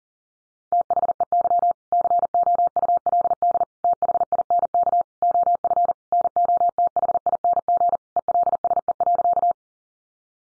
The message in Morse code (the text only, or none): THEY COULD THINK OF NOTHING ELSE.